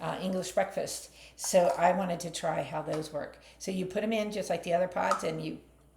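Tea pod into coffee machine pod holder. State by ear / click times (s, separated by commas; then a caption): not seated / none. Someone talks while handling a plastic English breakfast tea pod, about to push it into the pod holder of a single-serve coffee machine. The pod has not seated or clicked in yet by the end of the clip.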